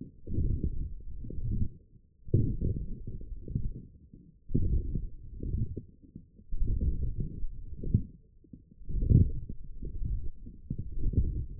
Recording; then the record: forearm muscle sounds (acoustic myography)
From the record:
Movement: forearm pronation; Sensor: system 1, eight BSWA MPA416 microphones around the upper forearm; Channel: 2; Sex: male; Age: 20 years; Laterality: left